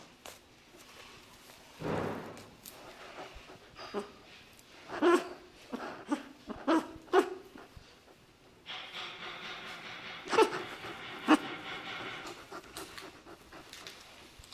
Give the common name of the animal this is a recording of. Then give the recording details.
Indian Crested Porcupine. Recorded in captivity. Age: subadult. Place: Zoopark Erfurt, Thüringen, DE. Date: 1966-09-01. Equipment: Uher 4000 Report-S, Transistorverstärker II, Sennheiser MD 421. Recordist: Tembrock, Günter. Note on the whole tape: Halbwüchsiges (Kaspar-Hauser) auf Arm gehalten: Diverse Laute. Entfernung ca. 30 cm